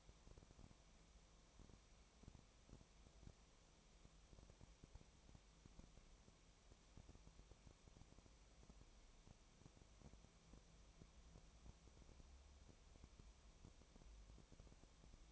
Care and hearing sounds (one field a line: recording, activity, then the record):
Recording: daily activity, microphone in the room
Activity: no activity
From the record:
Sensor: 1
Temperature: 19.4 degrees Celsius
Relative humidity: 35.7%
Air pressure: 1003.3 hPa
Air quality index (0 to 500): 113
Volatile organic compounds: 2 ppm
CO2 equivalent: 1258 ppm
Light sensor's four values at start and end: 1/2/1/1 and 1/2/1/1